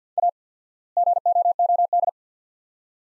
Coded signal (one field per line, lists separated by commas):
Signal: Morse code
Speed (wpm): 50 wpm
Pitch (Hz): 700 Hz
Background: none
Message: A GOOD